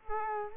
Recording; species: mosquito wingbeat signal from an infrared sensor; Culex quinquefasciatus